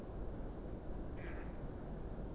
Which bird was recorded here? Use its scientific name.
Anas platyrhynchos